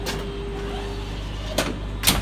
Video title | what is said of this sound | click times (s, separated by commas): Trouble Shooting Tips | push it down, make sure you hear that click, and | 1.6 s